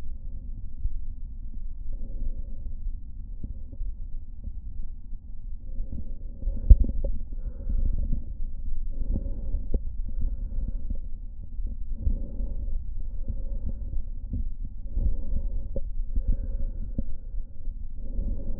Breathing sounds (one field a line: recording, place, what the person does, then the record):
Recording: lung sounds by stethoscope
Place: right anterior apical chest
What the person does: quiet breathing, then deep breathing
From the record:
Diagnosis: COPD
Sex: male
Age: 69 years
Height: 162 cm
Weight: 124.8 kg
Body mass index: 47.6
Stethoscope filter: diaphragm mode